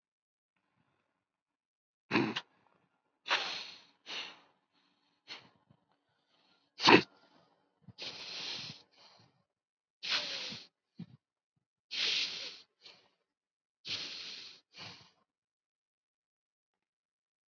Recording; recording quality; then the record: deep breathing; excellent, no background noise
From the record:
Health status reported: COVID-19 positive, mild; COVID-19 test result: positive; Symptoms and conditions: none ticked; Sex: male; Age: 39 years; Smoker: not ticked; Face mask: not worn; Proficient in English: yes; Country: India